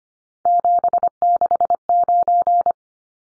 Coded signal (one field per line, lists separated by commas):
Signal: Morse code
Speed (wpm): 25 wpm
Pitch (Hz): 700 Hz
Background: none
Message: 769